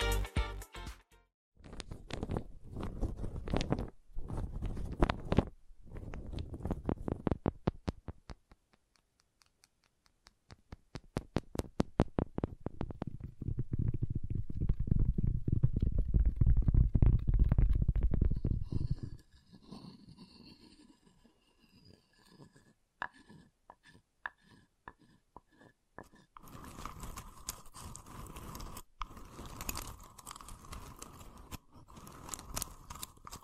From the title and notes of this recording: ASMR Calming Wood Triggers for Sleep (No Talking).